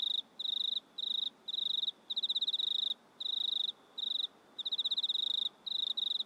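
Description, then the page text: Cricket chirping in high pulsed trills, bursts of varied length with brief pauses, the individual pulses clearly countable in longer runs. Crickets recorded at night in a country town in Australia, in stereo. "Insects Crickets Australian Night Loop Stereo. Sounds recorded at night in a country town"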